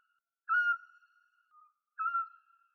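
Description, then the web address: Eurasian scops owl giving short, clear whistled hoots, two single notes about one and a half seconds apart, in otherwise silent surroundings. "Otus scops"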